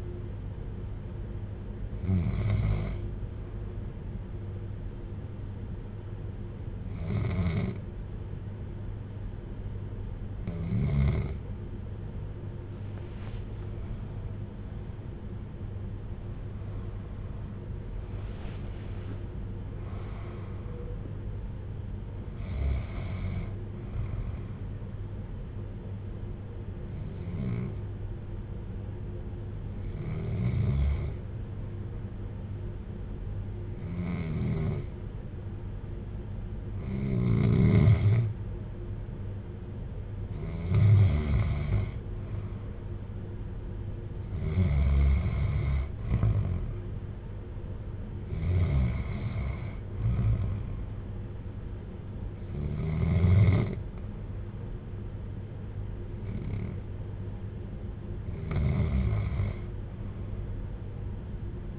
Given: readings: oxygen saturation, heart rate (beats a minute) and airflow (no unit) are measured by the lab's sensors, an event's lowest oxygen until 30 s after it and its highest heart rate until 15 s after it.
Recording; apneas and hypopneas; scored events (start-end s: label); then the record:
breathing in sleep by a smartphone at the bedside; 1
26.00-50.20 s: hypopnea (REM, oxygen 95% highest, then 91% lowest, heart rate 56 at the start, 63 highest)
From the record:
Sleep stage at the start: REM sleep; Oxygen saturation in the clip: 91 to 96%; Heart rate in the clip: 55 to 80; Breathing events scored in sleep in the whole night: 310 in 8.1 hours asleep